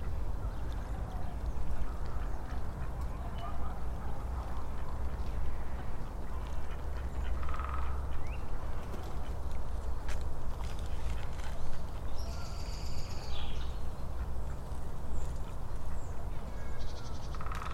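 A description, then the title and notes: Ducks quack and shuffle over a steady low rumble of city traffic that fills the whole clip without a break. Short bird calls and chirps cut through now and then, with a brighter chirping patch around twelve to fourteen seconds. Park Wschodni, March 2018 Lokalizacja: Park Wschodni, Księże Małe. Rekorder, mikrofon: sony pcm d50. Ducks marching on the cracking ice.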